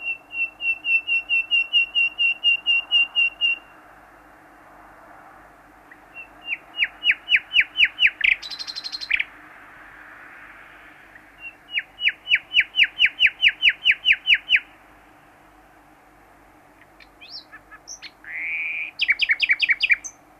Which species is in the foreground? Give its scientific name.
Luscinia megarhynchos